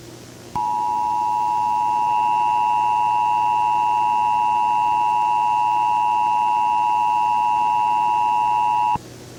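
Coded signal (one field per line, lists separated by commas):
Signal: Emergency Alert System (SAME) tones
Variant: 853 and 960 Hz attention tone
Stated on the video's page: Fictional analog-horror EAS scenario, not a real alert.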